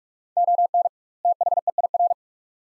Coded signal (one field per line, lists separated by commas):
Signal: Morse code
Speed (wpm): 46 wpm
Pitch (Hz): 700 Hz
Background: none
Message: ON THEIR